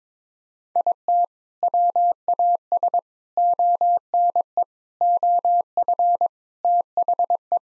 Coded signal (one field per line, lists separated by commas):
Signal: Morse code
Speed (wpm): 22 wpm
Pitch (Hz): 700 Hz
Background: none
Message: IT WAS ONE OF THE